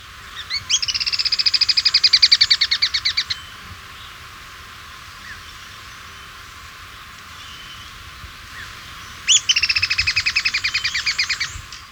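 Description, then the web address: Black-crested tit-tyrant giving a rapid, high chattering trill of many notes lasting nearly three seconds, then a second similar trill beginning near nine seconds; quiet background otherwise. Ecuador. "Birds of Ecuador 2. Black-Crested Tit-Tyrant"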